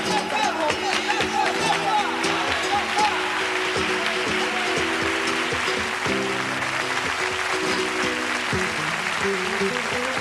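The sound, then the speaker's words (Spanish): A crowd claps steadily in a dense, continuous wash of applause, loud and sustained for the full stretch, with tonal murmurs or voices running faintly underneath. “Aplauso para la cámara también.”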